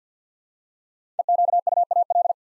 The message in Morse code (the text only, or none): EQUAL